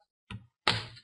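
A Sony Vaio E Series laptop's plastic screen bezel frame is pried off by hand, starting from the screen side, without breaking it. Its plastic clips snap loose at 0.3 s and 0.7 s, the second snap louder and longer with a bright crackling tail. The snapping is a good sign, as the clips are releasing and the frame is coming off.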